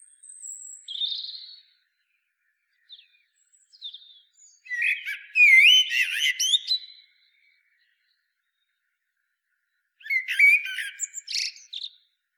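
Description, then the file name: Common blackbird song: soft high notes, then a loud fluty warble ending in squeaky twitters, repeated after a gap of about three seconds. "Turdus merula"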